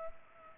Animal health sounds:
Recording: mosquito wingbeat signal from an infrared sensor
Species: Culex pipiens

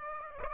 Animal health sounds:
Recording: mosquito wingbeat signal from an infrared sensor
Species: Aedes aegypti

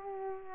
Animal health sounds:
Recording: mosquito wingbeat signal from an infrared sensor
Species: Aedes aegypti

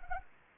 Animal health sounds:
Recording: mosquito wingbeat signal from an infrared sensor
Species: Anopheles arabiensis

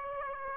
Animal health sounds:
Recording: mosquito wingbeat signal from an infrared sensor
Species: Aedes aegypti

